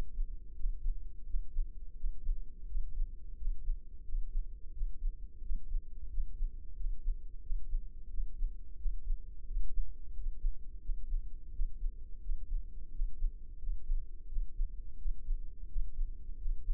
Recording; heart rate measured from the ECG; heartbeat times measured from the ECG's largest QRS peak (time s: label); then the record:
heart sounds by microphone in the left ear; 87 bpm
0.57 s: heartbeat
1.27 s: heartbeat
1.98 s: heartbeat
2.69 s: heartbeat
3.39 s: heartbeat
4.06 s: heartbeat
4.74 s: heartbeat
5.43 s: heartbeat
6.11 s: heartbeat
6.77 s: heartbeat
7.44 s: heartbeat
8.11 s: heartbeat
8.79 s: heartbeat
9.48 s: heartbeat
10.15 s: heartbeat
10.83 s: heartbeat
11.53 s: heartbeat
12.23 s: heartbeat
12.93 s: heartbeat
13.60 s: heartbeat
14.30 s: heartbeat
14.99 s: heartbeat
15.70 s: heartbeat
16.39 s: heartbeat
From the record:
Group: healthy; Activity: rest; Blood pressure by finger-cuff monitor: 143/74 mmHg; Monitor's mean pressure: 93 mmHg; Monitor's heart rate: 87 bpm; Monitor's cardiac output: 7.9 L/min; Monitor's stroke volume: 90 mL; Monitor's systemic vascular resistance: 880 dyn s/cm5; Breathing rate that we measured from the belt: 18 breaths a minute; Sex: male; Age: 21 years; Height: 175 cm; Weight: 72.6 kg